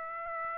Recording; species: mosquito wingbeat signal from an infrared sensor; Aedes aegypti